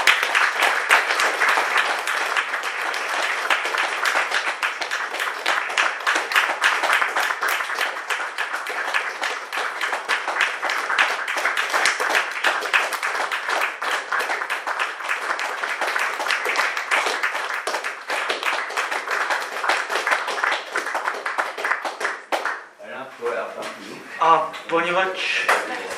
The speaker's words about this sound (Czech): Takže děkuji vám za pozornost a tleskám